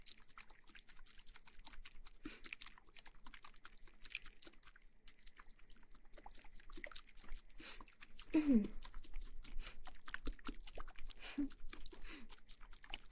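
Dense, crackly rubbing and tapping textures continue throughout, with a short swooping sound near eight seconds and a smaller one around eleven.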